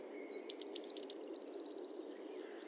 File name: Cyanistes caeruleus 311018